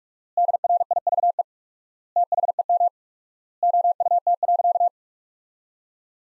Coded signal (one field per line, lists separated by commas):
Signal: Morse code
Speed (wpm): 46 wpm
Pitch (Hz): 700 Hz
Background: none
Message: DRIVE THEM OUT.